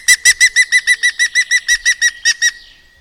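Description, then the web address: Bird singing a rapid run of many bright, ringing notes at a fairly steady pace. "madarak enek"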